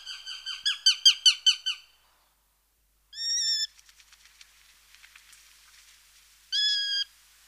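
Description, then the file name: Eurasian sparrowhawk calling: a rapid chattering series of sharp notes, then a whining note, faint clicks, and another whine. "Epervier"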